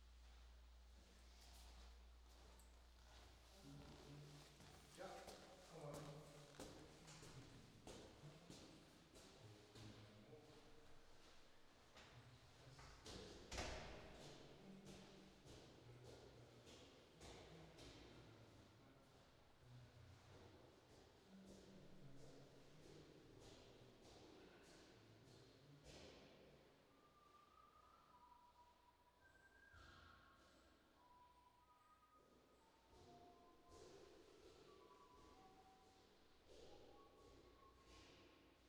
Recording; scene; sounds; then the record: everyday scene through a hearing-aid microphone; reverberant space; speech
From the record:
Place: staircase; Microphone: in the ear canal, left